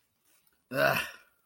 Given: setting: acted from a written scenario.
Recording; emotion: vocal sound without words; disappointment